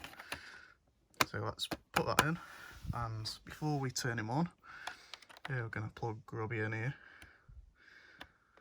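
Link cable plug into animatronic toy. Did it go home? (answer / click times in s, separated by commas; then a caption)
no / none. Someone talks while handling a link cable plug at the socket of an animatronic toy companion from the 1985 Worlds of Wonder Teddy Ruxpin and Grubby line, with a few short, sharp handling ticks and taps between the speech. The connector has not seated or clicked into the toy yet.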